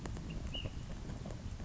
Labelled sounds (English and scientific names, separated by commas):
Ash-throated Flycatcher (Myiarchus cinerascens)